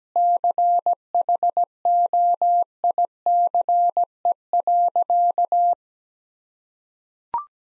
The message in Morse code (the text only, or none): CHOICE.